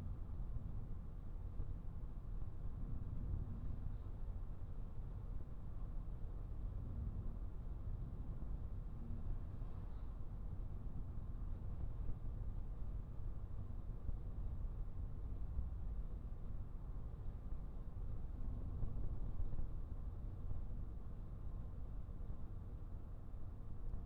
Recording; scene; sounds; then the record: everyday scene through a hearing-aid microphone; in a vehicle; engine, traffic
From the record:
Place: Skoda Fabia, gasoline engine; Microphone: behind the ear, right, front